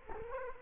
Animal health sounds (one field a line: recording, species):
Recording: mosquito wingbeat signal from an infrared sensor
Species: Culex quinquefasciatus